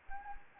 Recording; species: mosquito wingbeat signal from an infrared sensor; Anopheles gambiae